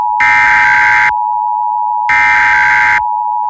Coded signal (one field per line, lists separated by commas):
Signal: Emergency Alert System (SAME) tones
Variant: header bursts